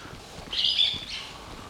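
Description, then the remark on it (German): Birds in a large aviary chirp in a short burst of high, bright twittering, followed by a second, softer trill, with no voices present. “Hat hier einer einen Vogel oder so?”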